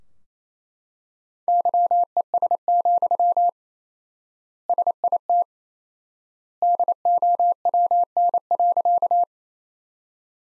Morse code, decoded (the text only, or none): YES, SIT DOWN.